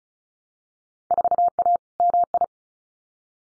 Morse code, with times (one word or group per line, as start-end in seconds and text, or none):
1.1-1.8 4A
2.0-2.4 MI